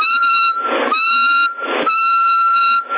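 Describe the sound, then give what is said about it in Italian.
A person whistles into a CB radio microphone: a steady, high tone runs almost continuously, shifting pitch slightly a couple of times, over a thin, band-limited hiss that swells into brief noisy bursts. “Se fischio già si muove.”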